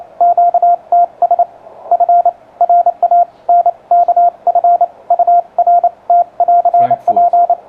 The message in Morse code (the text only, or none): QTS FRANKFURT <AR>P